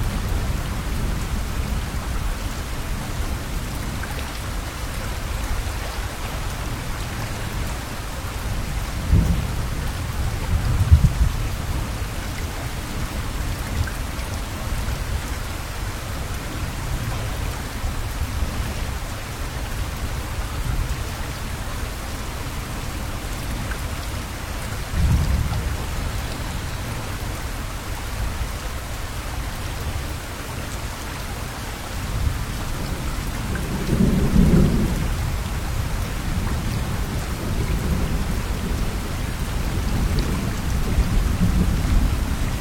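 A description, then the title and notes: Rain falls steadily on a river, a dense, even hiss spread across the whole recording. Deep rumbling swells rise underneath around 9–11 seconds, near 25 seconds and again around 34 seconds, like thunder or low gusts, before the rain continues unchanged. Rain_on_the_River.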